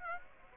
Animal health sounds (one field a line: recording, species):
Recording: mosquito wingbeat signal from an infrared sensor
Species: Aedes aegypti